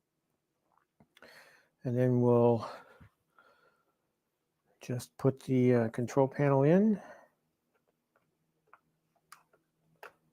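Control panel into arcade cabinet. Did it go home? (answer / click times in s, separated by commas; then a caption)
no / none. An arcade control panel is being handled for setting into a Build-A-Cade cabinet while someone talks. A few faint, brief clicks and taps of handling follow in the quiet gaps. The panel has not yet snapped or seated into the cabinet.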